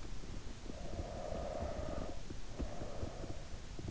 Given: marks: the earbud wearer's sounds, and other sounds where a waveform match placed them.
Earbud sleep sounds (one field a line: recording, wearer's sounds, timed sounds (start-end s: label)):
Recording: sounds in sleep by an in-ear microphone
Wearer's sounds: breath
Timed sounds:
0.68-3.55 s: breath